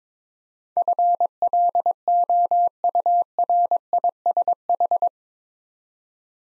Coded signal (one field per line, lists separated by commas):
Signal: Morse code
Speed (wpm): 22 wpm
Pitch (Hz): 700 Hz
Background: none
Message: FLOURISH